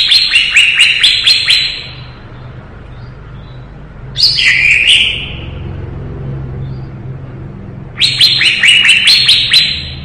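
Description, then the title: Leafbird singing in three separate phrases, each a rapid run of sharp, high, falling notes, with pauses of a couple of seconds between them. Lively singing (gacor), 2017. "Suara Burung Cucak Ijo Gacor 2017"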